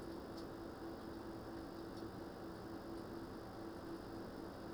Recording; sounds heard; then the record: poultry house recording; no chicken sound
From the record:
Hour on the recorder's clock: 21